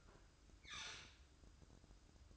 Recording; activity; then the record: daily activity, microphone in the room; open fridge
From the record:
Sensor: 2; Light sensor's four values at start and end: 9/22/9/10 and 9/22/9/10